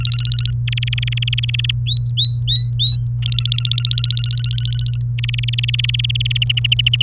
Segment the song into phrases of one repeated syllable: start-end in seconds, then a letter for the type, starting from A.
0.00-0.51 A, 0.68-1.71 B, 1.87-2.97 C, 3.22-4.98 A, 5.19-6.37 B, 6.42-7.03 D